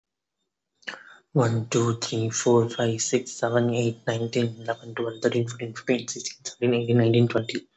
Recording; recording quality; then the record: counting at a fast pace; moderate, slight background noise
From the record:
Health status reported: recovered from COVID-19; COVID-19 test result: positive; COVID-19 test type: RT-PCR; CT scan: not taken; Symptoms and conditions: none ticked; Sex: male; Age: 25 years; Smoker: no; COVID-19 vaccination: both doses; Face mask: not worn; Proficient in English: yes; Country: India